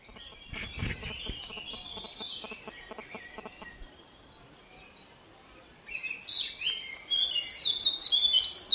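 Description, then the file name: Eurasian blackcap warbling, soft chattering notes early on with some clicking noise, then a louder, quick, high varied phrase building toward the end. "Sylvia atricapilla"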